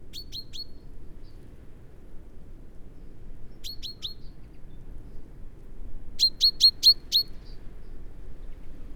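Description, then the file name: Common chaffinch calls: three short bursts of sharp, high, ringing notes, three to five in quick succession each time, separated by quiet gaps over faint low rumble. "Fringilla coelebs"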